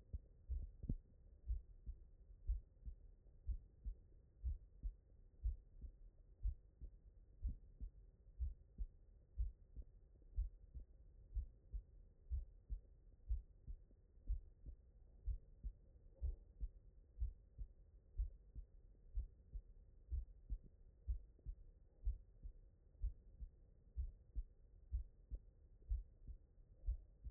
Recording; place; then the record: heart sounds by stethoscope; mitral valve (MV)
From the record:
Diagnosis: non-HFrEF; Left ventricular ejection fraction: 61%